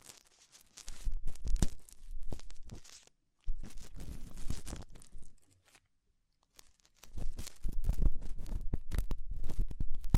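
Ear exploration sounds: dense, crackly rustling and crinkling with sharp ticks reaching very bright, running in three bursts with near-silent gaps around 3.5 seconds and from about 5.5 to 7 seconds. The texture is busy and irregular throughout each burst, with a low thumping underneath.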